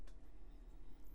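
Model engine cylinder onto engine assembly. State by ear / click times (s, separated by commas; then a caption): not seated / none. A plastic/metal engine cylinder piece for a 1:18 scale Mitsubishi A6M Zero model aircraft is handled as it is pushed down over the previous engine assembly so its lug can enter a hole and lock in place. Only quiet handling rustle and low hum are heard, with a brief faint tick right at the end of the clip. Nothing has seated or clicked yet.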